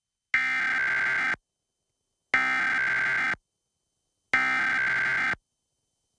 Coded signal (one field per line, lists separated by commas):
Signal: Emergency Alert System (SAME) tones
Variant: header bursts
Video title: WYOU-TV National EAS Test 2021 Fail